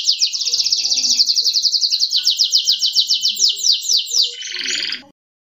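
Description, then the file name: Atlantic canary song of fast rolling trills that shift tempo and pitch, finishing with a buzzy phrase before stopping abruptly. "kenari robin hood. omkicau"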